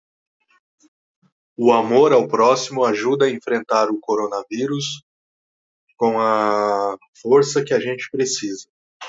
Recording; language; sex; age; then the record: spoken sentence; Brazilian Portuguese; male; 40 to 49 years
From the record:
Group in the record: control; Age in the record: 42 years